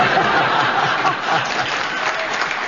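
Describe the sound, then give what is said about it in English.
The audience of the panel show Just a Minute clapping steadily, a dense, even wash of applause holding at a fairly loud level throughout, with a few faint chuckles mixed in underneath. “Well, they clapped that”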